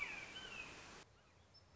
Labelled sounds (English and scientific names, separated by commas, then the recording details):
Red-shouldered Hawk (Buteo lineatus)
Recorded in Sonoma County, California